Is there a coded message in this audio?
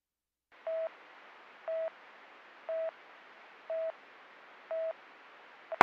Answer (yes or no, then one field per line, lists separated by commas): no